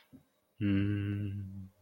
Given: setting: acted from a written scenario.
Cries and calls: vocal sound without words; serenity

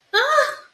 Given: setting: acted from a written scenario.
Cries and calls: vocal sound without words; distress

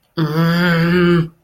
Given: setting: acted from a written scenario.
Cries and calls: vocal sound without words; shame

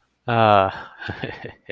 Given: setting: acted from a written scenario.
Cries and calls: vocal sound without words; amusement

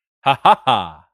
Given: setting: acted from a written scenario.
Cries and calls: vocal sound without words; triumph

